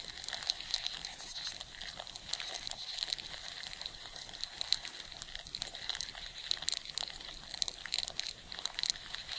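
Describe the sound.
Crackling from ants: a busy, even stream of tiny ticks and scratches, punctuated by brief high squeaky tones and occasional sharper clicks.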